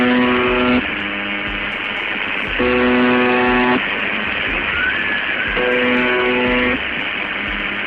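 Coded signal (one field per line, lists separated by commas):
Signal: channel marker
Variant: UVB-76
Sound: harsh low buzz about a second long, repeating every few seconds over static hiss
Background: radio static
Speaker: this is the reality for those who have stumbled upon the buzzer which sounded a little something like this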